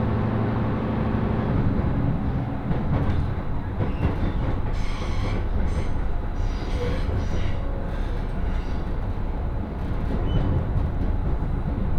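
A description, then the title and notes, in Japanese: A rapid train on the Senseki-Tohoku Line runs between Takagimachi and Sendai, its deep rumble steady and dense from start to finish. Brighter hissing, clattering bursts rise over it around the third to eighth seconds and again near the tenth. 仙石東北ライン快速 高城町→仙台。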